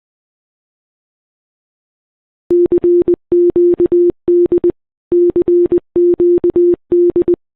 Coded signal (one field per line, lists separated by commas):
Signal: Morse code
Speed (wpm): 20 wpm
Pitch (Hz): 350 Hz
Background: none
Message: CQD CQD